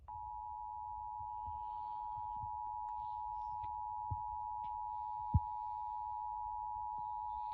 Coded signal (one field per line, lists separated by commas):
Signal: Emergency Alert System (SAME) tones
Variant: 853 and 960 Hz attention tone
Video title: MISSOULA FINALLY DOES IT... EAS Tests from October 2024 (EAS #5,058 - 5,141)